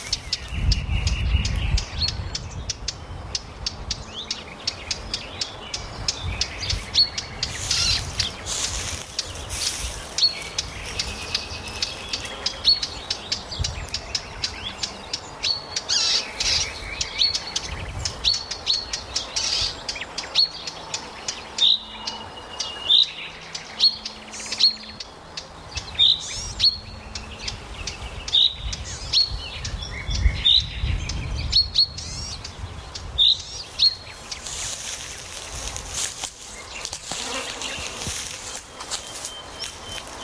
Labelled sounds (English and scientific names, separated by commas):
Eurasian Blackcap (Sylvia atricapilla) alarm call